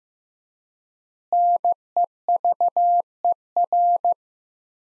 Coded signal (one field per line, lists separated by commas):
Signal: Morse code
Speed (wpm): 15 wpm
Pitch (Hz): 700 Hz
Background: none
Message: NEVER